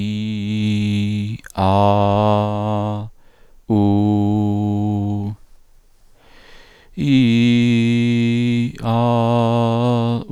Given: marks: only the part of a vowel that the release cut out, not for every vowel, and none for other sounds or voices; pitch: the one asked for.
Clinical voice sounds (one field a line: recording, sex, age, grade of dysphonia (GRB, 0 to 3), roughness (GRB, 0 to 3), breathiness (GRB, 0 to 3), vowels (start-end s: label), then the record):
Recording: sustained vowels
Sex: male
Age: 40 to 49 years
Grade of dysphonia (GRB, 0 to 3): 1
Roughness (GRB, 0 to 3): 1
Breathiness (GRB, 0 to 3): 1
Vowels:
0.00-1.22 s: vowel /i/, normal pitch
1.68-2.89 s: vowel /a/, normal pitch
3.80-5.19 s: vowel /u/, normal pitch
7.17-8.57 s: vowel /i/, high pitch
8.95-10.11 s: vowel /a/, high pitch
From the record:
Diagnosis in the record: contact pachydermia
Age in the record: 47 years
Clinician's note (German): Kontaktpachydermie ohne "Kontaktpachydermie"